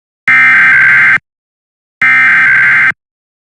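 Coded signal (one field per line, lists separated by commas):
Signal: Emergency Alert System (SAME) tones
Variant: header bursts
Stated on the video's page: Weekly tests; the station products are recreations credited to another producer.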